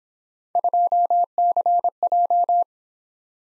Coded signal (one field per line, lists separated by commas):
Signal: Morse code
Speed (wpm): 26 wpm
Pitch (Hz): 700 Hz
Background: none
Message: 2CJ